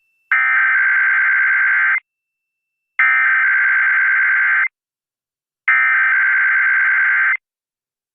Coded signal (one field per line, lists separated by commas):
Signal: Emergency Alert System (SAME) tones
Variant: header bursts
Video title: RARE MUST SEE! Tsunami Warning on KCBS!! (EAS 25)